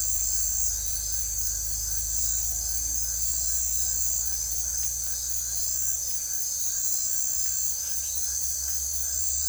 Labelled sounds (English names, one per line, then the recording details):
none
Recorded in forest near Pivijay, Magdalena, Colombia, on 3 June 2023 at 22:30
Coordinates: 10.467, -74.380
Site Z5-G034